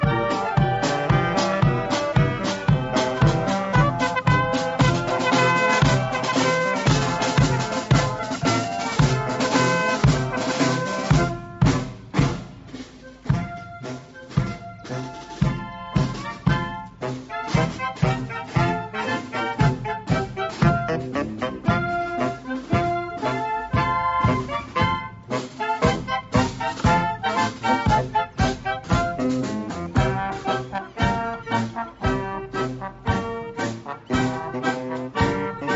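A mini parade in Leirvik: a marching band plays brassy tunes over a steady drumbeat, fullest for ten seconds, then slightly softer.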